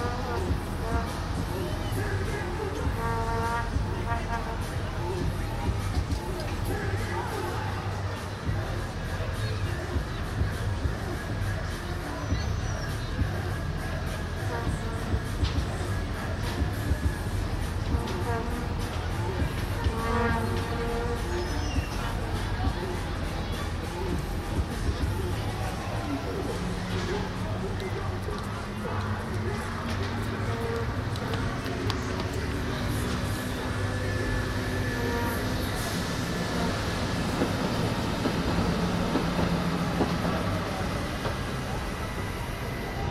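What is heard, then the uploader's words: A busy outdoor festival crowd during a Kingsday celebration, with many voices talking at once over a steady low rumble. Snatches of music and brief tones come and go, and a machine-like drone grows more noticeable after about 25 seconds. Kingsday/Koningsdag Lange Vijverberg Den Haag. The annual Dutch celebration of Koningsdag (Kingsday) with markets, a fair and many different events.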